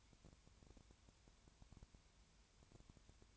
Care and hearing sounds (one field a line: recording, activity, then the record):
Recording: daily activity, microphone in the room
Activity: no activity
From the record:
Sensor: 2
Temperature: 20.3 degrees Celsius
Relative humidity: 33.8%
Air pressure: 1003.2 hPa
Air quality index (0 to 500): 82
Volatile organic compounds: 1 ppm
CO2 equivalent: 786 ppm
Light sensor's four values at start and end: 2/3/2/2 and 2/3/2/2